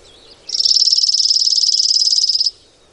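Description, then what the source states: Chipping Sparrow song: a steady, dry, rapid trill of identical high chips on one pitch, lasting about two seconds. Daytime song played as an ID example; described as pretty common in the continental U.S.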